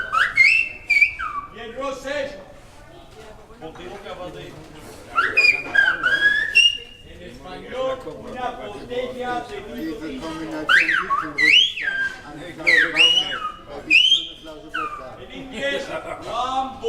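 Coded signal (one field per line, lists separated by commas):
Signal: whistled language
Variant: Silbo Gomero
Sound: loud gliding whistles rising and falling between phrases, alternating with spoken voice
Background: speech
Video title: Silbo Gomero гомерский свист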